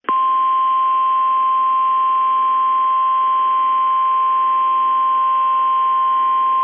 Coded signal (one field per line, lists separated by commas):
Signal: Emergency Alert System (SAME) tones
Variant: 1050 Hz attention tone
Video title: NOAA Severe Thunderstorm Warning EAS 4 09 PM 5 19 22 Minneapolis St Paul